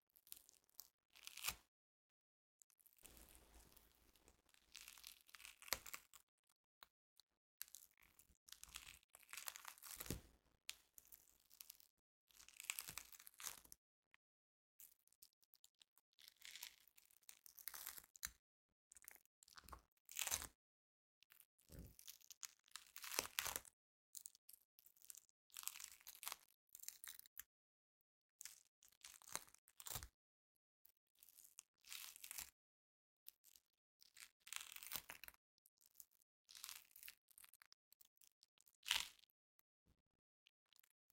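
Sticky floam being squeezed and pulled, giving bursts of crackly, crunchy popping from the beads, with tearing, sticky peels. The sounds come in irregular clusters every second or two, bright and sharp, separated by brief silences throughout.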